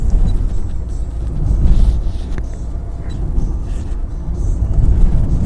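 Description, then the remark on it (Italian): Steady, deep rumble of a car driving along the Via Cassia near Rome in the morning, engine and road noise droning continuously with slight swells in loudness and no clear speech. “Mi sto avviando in auto verso questa volta un'altra stazione, quella di Lamaro, per raggiungere Roma in realtà da un altro lato, e mi ritrovo in questo momento sulla Cassia, esattamente a metà tra due grandissimi parchi che sono il Parco di Veio”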